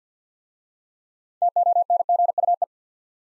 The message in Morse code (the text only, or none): TONGUE